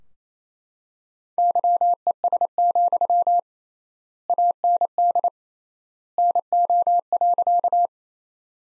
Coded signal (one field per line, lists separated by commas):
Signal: Morse code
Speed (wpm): 28 wpm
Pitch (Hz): 700 Hz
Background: none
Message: YES, AND NO.